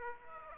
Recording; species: mosquito wingbeat signal from an infrared sensor; Aedes aegypti